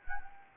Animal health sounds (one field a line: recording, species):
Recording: mosquito wingbeat signal from an infrared sensor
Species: Anopheles gambiae